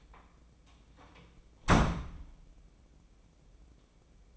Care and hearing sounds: daily activity, microphone in the room; close door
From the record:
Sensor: 1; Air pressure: 1012.4 hPa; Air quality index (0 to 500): 165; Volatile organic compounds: 3 ppm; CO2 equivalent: 1356 ppm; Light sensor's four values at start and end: 589/1362/608/726 and 592/1369/611/729

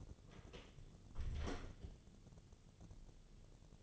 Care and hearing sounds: daily activity, microphone in the room; close door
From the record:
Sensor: 4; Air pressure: 1016.0 hPa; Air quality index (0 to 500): 200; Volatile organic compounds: 11 ppm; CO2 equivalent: 2277 ppm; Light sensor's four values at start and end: 9/20/8/7 and 9/20/8/7

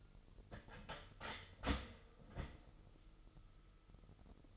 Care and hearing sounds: daily activity, microphone in the room; start toaster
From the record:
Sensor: 4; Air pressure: 989.4 hPa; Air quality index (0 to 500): 216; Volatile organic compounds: 67 ppm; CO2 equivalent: 3491 ppm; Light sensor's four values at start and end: 24/85/31/33 and 24/85/31/33

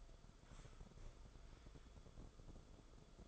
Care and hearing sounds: daily activity, microphone in the room; sit down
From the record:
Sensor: 5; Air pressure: 994.5 hPa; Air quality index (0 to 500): 184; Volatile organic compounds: 1000 ppm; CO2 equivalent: 5390 ppm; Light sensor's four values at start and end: 24/59/25/29 and 24/61/25/30

